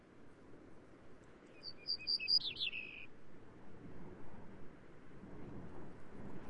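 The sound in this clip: Grey-necked bunting song of a few high, even notes ending in a lower, buzzy descending flourish, over a steady low rumble of background noise.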